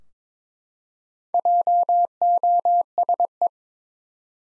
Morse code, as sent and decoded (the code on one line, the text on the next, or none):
.--- --- ... .
JOSE